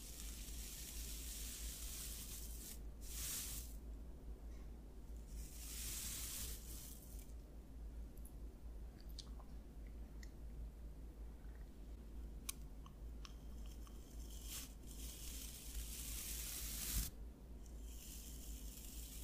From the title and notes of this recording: ASMR Scalp Massage of Your Dreams.